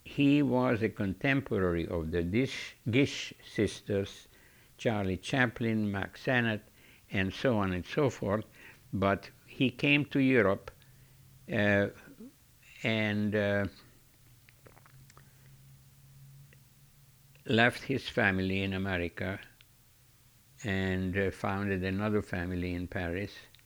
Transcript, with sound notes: He was a contemporary of the Dish,, Gish sisters, Charlie Chaplin, Mack Sennett and so on and so forth. But he came to Europe and (he pauses) left his family in America and founded another family in Paris